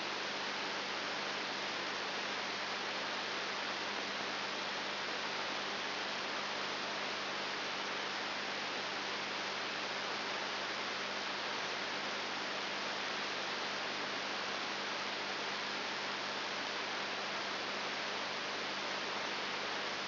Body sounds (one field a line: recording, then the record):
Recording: brain microelectrode recording played as sound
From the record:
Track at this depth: inside the subthalamic nucleus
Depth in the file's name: 4.901 mm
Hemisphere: left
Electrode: 3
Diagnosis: Parkinson's disease